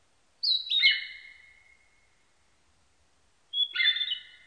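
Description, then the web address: Narcissus flycatcher song: clear whistled notes falling from high to lower pitch with a long fading tail, then a second phrase after a pause, on a silent background. Recorded 21 May 1999. "1999 990521 kibitaki"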